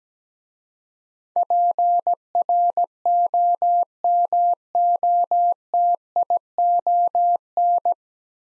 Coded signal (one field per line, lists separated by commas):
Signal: Morse code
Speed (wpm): 17 wpm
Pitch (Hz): 700 Hz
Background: none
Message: PROMOTION